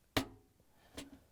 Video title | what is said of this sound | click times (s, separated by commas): How To: Whirlpool/KitchenAid/Maytag Pump And Motor Assembly WPW10482502 | can't set it down into place and turn it clockwise until it snaps in once | 0.2 s